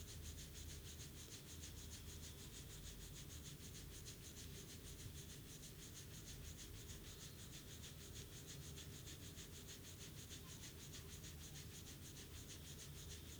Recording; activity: daily activity, guitar pickup as the sensor; brush teeth